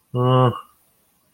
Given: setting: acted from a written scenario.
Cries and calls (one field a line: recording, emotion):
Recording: vocal sound without words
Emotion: neutral